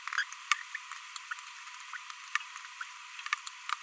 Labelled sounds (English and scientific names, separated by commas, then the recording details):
Green-rumped Parrotlet (Forpus passerinus) babbling
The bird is a female
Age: 22 days
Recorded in a nest box in Venezuela
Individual 17B42B1